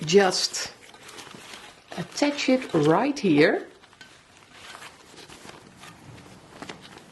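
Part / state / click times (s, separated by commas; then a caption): filter into bench dust collector housing / seated / 6.7 s. A filter is attached by hand into a bench dust collector housing while someone talks. After the talking there is quiet rustling and handling, and a sharp snap at 6.7 s marks the filter seating into place.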